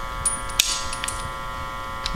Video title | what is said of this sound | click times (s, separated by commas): Seat Lowering Base Installation Video | snaps into place there | 0.6 s